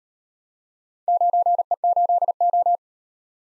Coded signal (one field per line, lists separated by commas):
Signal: Morse code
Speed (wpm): 33 wpm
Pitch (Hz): 700 Hz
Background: none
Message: 9E8O